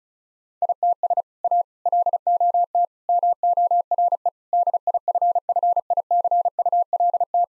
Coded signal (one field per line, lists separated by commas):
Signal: Morse code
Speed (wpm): 36 wpm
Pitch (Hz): 700 Hz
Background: none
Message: ITS A LOT MORE DIFFICULT